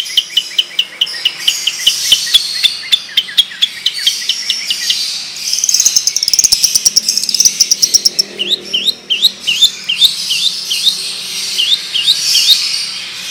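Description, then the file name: Long-tailed shrike song: a steady series of quick high chirps, a rapid buzzy rattle in the middle, then more rhythmic downslurred notes. Song in the Indonesian 'ngerol panjang' style, a long continuous rolling song; bird described as gacor, singing profusely. "Burung Cendet Ngerol Panjang Gacor"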